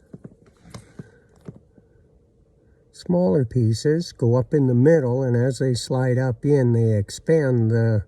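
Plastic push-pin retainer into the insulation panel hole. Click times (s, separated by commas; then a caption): 0.7 s. A small plastic push-pin centre piece is slid up into its retainer in the insulation panel hole during a heater motor replacement on a 2013 Chevrolet Impala. Faint handling clicks are heard, with a sharp snap at 0.7 s as the pin seats and expands to hold the panel. Someone then talks from about 3 seconds on.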